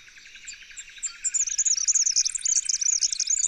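Red-backed fairywren song: a lower buzzy pulsing trill and scattered high notes, then a dense, very high reeling trill building from about one second onward.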